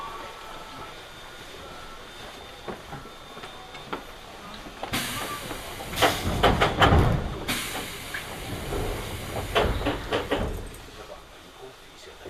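Train ride from Higashi-Matsudo to Ningyocho: a low rolling hum, then a loud clattering burst of rattles and clicks from five to ten seconds.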